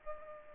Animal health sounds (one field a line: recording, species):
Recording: mosquito wingbeat signal from an infrared sensor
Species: Aedes albopictus